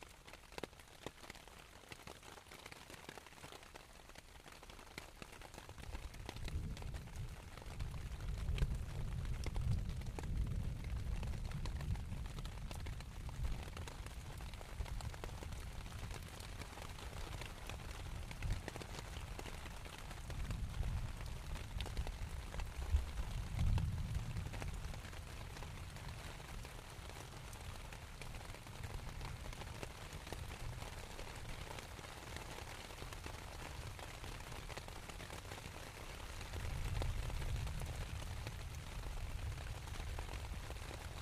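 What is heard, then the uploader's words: Rain falls on a tent in a steady, dense patter of fine drops across the whole clip. From about six seconds a low rumbling swell joins in, surging several times, notably around 9–12, 20–24 and 36–40 seconds, like gusts pressing the fabric. Morning Rain in the Tent.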